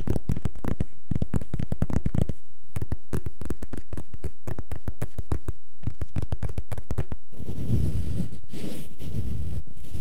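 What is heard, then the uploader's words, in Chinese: Rapid, dense scratching strokes repeat for about seven seconds, then give way to a softer, rubbing rustle with low rumbling to the end. 抓挠声。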